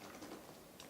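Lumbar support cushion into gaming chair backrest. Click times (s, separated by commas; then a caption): 0.8 s. A lumbar support pillow is pushed into the backrest of a racing-style gaming chair from behind the back cushion, with faint rustling and ticking handling noise throughout. A short, sharp mechanical click sounds at 0.8 s as the lumbar support seats into place.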